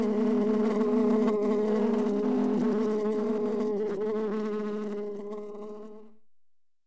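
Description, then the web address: Wasp buzz, a loud steady droning hum that gradually weakens and fades away to silence near the end. "osa odglosy"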